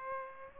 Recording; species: mosquito wingbeat signal from an infrared sensor; Aedes aegypti